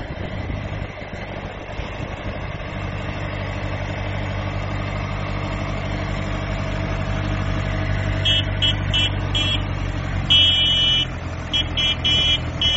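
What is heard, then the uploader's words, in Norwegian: A procession of tractors rumbles past, the engines giving a steady, low, throbbing drone that holds even throughout. From about eight seconds on, short high-pitched tones cut in and out repeatedly over the rumble, like a squeal or whistle. Traktortog i Nordbygdo.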